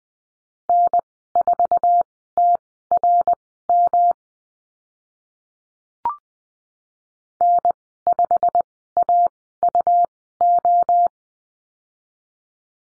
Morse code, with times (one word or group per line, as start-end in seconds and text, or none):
0.7-4.1 N4TRM
7.4-11.1 N5AUO